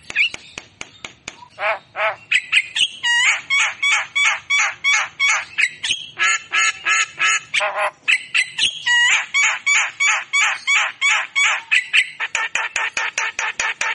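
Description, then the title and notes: Javan myna song: a fast run of harsh, buzzy, rasping notes in quick succession, with a few sharp clicks at the start. Lure (pancingan) recording of Javan myna song. "Pancingan Jalak Kebo Bisu. Kicau Jalak Kebo"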